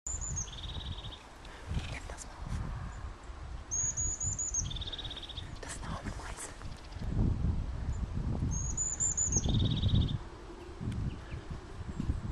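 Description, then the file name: European crested tit song repeated three times, each phrase a high thin stuttering run ending in a lower rolling purr, roughly every four to five seconds, over low rumbling background noise. "Haubenmeise"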